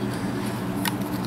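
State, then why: Not seated. The side-folding metal/polymer stock of a KWA MP9 (KMP9) GBB airsoft SMG is handled as it swings toward its folded position and the hinge lock on the receiver, over a steady low hum. Sharp handling knocks land at 0.9 s and 1.3 s. Nothing has seated or clicked into place yet.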